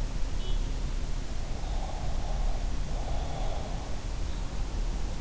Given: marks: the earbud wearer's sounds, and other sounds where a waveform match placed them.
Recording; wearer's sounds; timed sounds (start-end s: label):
sounds in sleep by an in-ear microphone; breath
1.35-3.77 s: breath